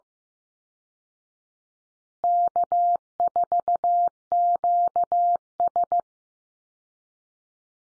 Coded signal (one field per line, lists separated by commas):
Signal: Morse code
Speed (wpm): 15 wpm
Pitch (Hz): 700 Hz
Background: none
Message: K4QS